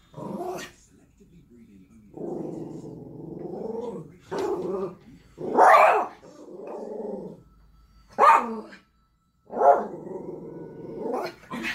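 Spitz dog: low, sustained growls alternating with sudden sharp barks.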